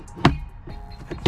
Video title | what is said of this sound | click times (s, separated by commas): 2025 TOYOTA PRIUS LE CABIN FILTER CHANGE @amazon | it snapped back, and then you put the shock back on the side. | 0.2 s, 1.3 s